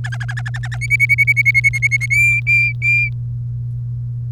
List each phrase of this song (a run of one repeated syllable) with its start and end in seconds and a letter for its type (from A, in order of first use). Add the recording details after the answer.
0.04-0.78 A, 0.81-2.06 B, 2.10-3.09 C. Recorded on 3 May 2018 at 06:08. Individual llb3